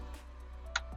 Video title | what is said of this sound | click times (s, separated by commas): Scout Boats 425 LXF Walk Thru | locks into place to keep that from vibrating or moving around | 0.8 s